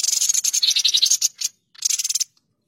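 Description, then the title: Streaked spiderhunter song: a dense, harsh chattering burst of rapid high notes for about one and a half seconds, a brief pause, then a shorter similar burst. Training song for cage birds; bird singing vigorously (gacor) with a clear, long song. "Pijantung Gunung Gacor Jernih Panjang"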